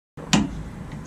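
A torque wrench tightens the bolt of a steel Torklift C2204 camper tie-down mount into the truck frame. A sharp click sounds at 0.3 s, then a steady low hum continues, confirming the wrench clicked at its torque setting.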